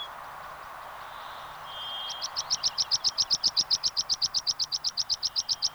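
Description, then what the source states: Meadow Pipit singing: a brief whistle, then a long, even run of rapid, piping notes, steadily loud. Field recording by Sten Wahlström from Sweden, issued on the Sveriges Ornitologiska Förening cassette Fåglar I Vår Närhet; Swedish name ängspiplärka.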